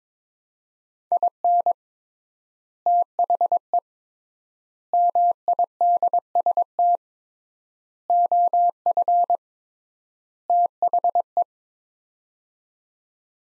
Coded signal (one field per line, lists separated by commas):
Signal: Morse code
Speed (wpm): 22 wpm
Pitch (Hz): 700 Hz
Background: none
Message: IN THE MIDST OF THE